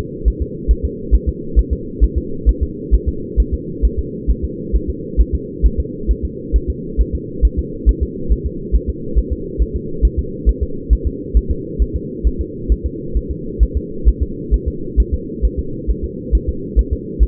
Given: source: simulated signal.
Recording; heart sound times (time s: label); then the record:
fetal heart sounds
0.28 s: S1
0.42 s: S2
0.71 s: S1
0.85 s: S2
1.15 s: S1
1.29 s: S2
1.59 s: S1
1.73 s: S2
2.04 s: S1
2.18 s: S2
2.49 s: S1
2.63 s: S2
2.94 s: S1
3.09 s: S2
3.40 s: S1
3.54 s: S2
3.85 s: S1
3.99 s: S2
4.31 s: S1
4.44 s: S2
4.75 s: S1
4.90 s: S2
5.21 s: S1
5.35 s: S2
5.66 s: S1
5.80 s: S2
6.11 s: S1
6.25 s: S2
6.56 s: S1
6.70 s: S2
7.01 s: S1
7.15 s: S2
7.45 s: S1
7.59 s: S2
7.89 s: S1
8.03 s: S2
8.32 s: S1
8.46 s: S2
8.75 s: S1
8.90 s: S2
9.19 s: S1
9.33 s: S2
9.62 s: S1
9.76 s: S2
10.05 s: S1
10.19 s: S2
10.49 s: S1
10.63 s: S2
10.93 s: S1
11.07 s: S2
11.37 s: S1
11.51 s: S2
11.82 s: S1
11.96 s: S2
12.27 s: S1
12.41 s: S2
12.72 s: S1
12.86 s: S2
13.17 s: S1
13.31 s: S2
13.63 s: S1
13.77 s: S2
14.09 s: S1
14.23 s: S2
14.54 s: S1
14.68 s: S2
15.00 s: S1
15.14 s: S2
15.45 s: S1
15.59 s: S2
15.90 s: S1
16.05 s: S2
16.35 s: S1
16.49 s: S2
16.79 s: S1
16.93 s: S2
17.23 s: S1
From the record:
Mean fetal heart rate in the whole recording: 135 bpm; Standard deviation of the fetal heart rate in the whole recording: 3 bpm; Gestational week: 34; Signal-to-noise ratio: -4.3 dB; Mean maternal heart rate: 72 bpm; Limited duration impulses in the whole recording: absent